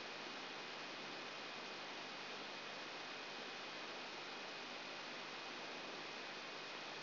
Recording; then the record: brain microelectrode recording played as sound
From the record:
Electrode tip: outside the subthalamic nucleus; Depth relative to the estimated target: -8 mm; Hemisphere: right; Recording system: AlphaMap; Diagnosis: Parkinson's disease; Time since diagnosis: 11 years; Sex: female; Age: 60 years